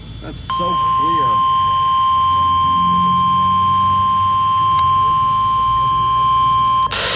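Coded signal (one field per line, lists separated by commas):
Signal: Emergency Alert System (SAME) tones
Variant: 1050 Hz attention tone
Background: speech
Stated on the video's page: Required weekly tests received from NOAA weather radio transmitters on 162.400, 162.425, 162.450, 162.475, 162.525 and 162.550 MHz in North and South Carolina.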